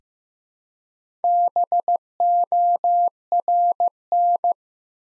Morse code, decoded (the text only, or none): BORN